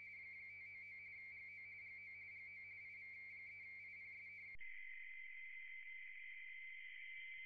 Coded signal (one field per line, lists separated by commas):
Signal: RTTY